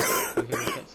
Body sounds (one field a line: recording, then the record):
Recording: coughing mixed with background sound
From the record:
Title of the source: 31 night wet cough